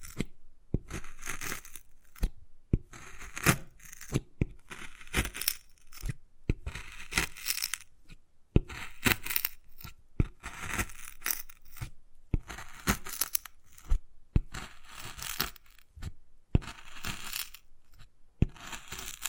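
Wood carving with repeated bursts of bright scraping and scratching, broken by short silences and sharp taps scattered throughout, irregular in rhythm.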